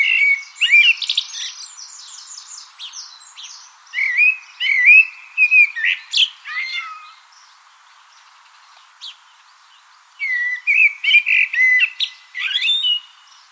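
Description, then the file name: Common blackbird song: rich warbled fluting with high squeaky flourishes, a quiet gap midway, then another burst of whistles and twitters. "Turdus merula"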